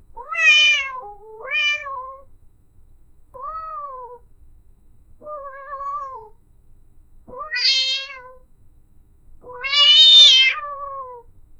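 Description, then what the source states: Cat meowing, six separate harmonic meows over about eleven seconds, the last one the longest. Nine-year-old white cat.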